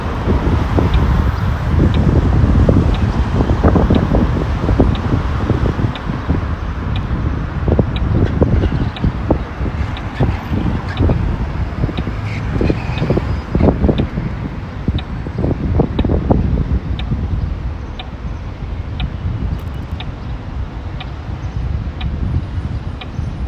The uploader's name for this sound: Walking In Modiin, Israel